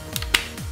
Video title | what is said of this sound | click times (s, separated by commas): Scorpion Gel Ball Blaster by Oenlol | and it kind of snaps into place | 0.3 s